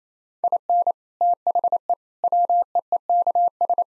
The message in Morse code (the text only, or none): IN THE WEEKS